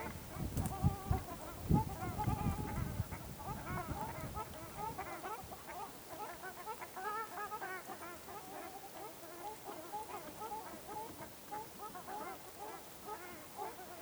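Ruddy shelduck calls: after several seconds of low rumbling noise, many nasal, honking calls overlap in a busy flock chorus.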